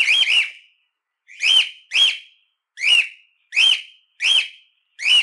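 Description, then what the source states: Cockatiel whistling: short arched notes that rise and fall, a pair first and then single notes with brief gaps, several notes in all, no other sounds. Song intended for training cockatiels.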